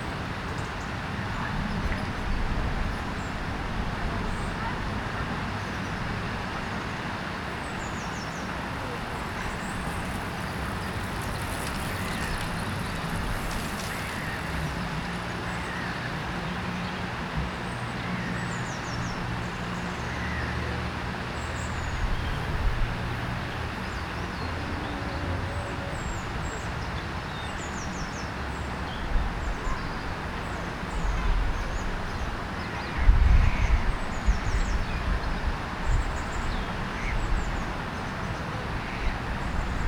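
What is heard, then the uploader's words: A distant fountain sprays water in a city park, producing a steady, dense hiss that holds for the whole stretch. A low rumble like traffic runs underneath, faint high chirps come and go, and a brief louder knock lands around 33 seconds. Captured in a city park on Boxing day. A fountain is spraying water high into the air in the distance while children play.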